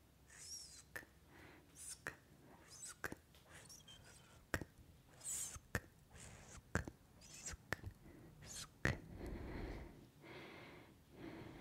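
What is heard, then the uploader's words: Mouth sounds: sharp tongue clicks and tks pop out irregularly, mixed with hissing sk sounds and soft breathing that swells near the end. ASMR Mouth Sounds (Kisses, Sk, Tk, Mouth Clicking, Breathing).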